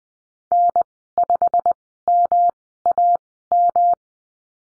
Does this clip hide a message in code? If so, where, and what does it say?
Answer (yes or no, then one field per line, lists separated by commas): yes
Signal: Morse code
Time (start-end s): 0.5-3.9 s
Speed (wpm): 20 wpm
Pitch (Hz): 700 Hz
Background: none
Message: N5MAM